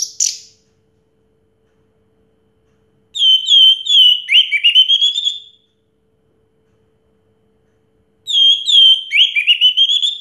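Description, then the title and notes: Orange-headed thrush song: a brief high note, then two whistled phrases about five seconds apart, each a clear whistle turning into rapid rising warbled notes, the second cut off. Song in the teler style, described as clear-voiced; from a complete collection of this species' sounds. "Anis Merah Teler Suara Jernih. kumpulan suara anis merah lengkap"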